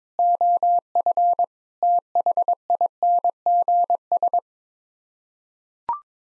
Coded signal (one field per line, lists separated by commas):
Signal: Morse code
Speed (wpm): 22 wpm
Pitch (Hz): 700 Hz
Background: none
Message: OF THINGS